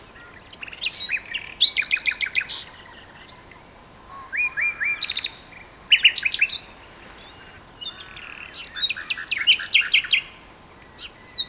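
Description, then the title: Common nightingale song with varied phrases of rapid repeated notes, dry rattles, long thin whistles and short slurred chirps. Two birds singing in a duet on Westleton Heath. "sanderson. nightingale duet on westleton heath"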